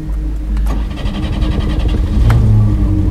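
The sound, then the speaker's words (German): The engine of a red Renault Frigate car parked at the kerb cranks briefly, catches and settles into a loud, steady rumble, then revs up with a rising whine near the end. No one speaks. “Juliens Wagen, ein roter Renault Frigat, stand am Bordstein.”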